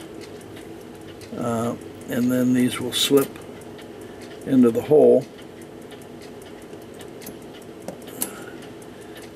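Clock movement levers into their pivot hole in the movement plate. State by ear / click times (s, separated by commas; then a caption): seated / 8.2 s. Someone talks while reassembling a cast brass cuckoo clock movement. The aligned levers are slipped into their pivot hole in the movement plate, with a faint tick at 7.9 s. They then seat with a sharp metallic tick at 8.2 s, locking in place before a retaining pin goes in.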